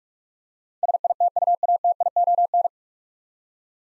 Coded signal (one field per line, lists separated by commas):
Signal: Morse code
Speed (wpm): 44 wpm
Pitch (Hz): 700 Hz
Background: none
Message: SITUATION